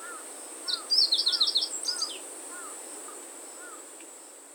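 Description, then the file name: Meadow bunting song: a quick jingling phrase of sharp high notes lasting about a second and a half, with soft lower slurred notes repeating steadily and a constant high insect hiss. Song recorded in August. "ホオジロ 8 月さえずり"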